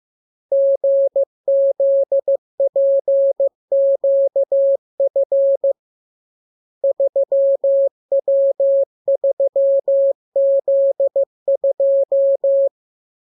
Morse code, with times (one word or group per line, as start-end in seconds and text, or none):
0.5-5.7 GZPQF
6.8-12.7 3W3Z2